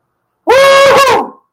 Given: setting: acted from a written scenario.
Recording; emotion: vocal sound without words; triumph